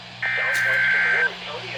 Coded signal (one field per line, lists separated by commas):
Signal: Emergency Alert System (SAME) tones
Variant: header bursts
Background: speech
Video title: (DOUBLE HEADER!!) Severe Thunderstorm Warning FOR MY COUNTY! and Flash Flood Warning (EAS #172-175)